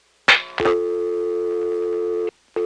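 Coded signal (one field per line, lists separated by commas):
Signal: telephone call progress tone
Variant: North America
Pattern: dial tone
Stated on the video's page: Old telephone network recording from an NX1 crossbar exchange in Greenville NC.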